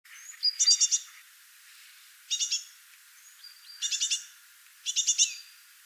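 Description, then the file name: Eurasian blue tit calls: four bursts of rapid, high, scratchy churring notes with a few thin whistles, separated by short pauses. "Cyanistes caeruleus"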